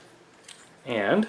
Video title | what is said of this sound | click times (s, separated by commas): Cold Steel Bird & Trout - 20BTJ - full review and meat test | and as you can hear, it snaps in place. | 0.5 s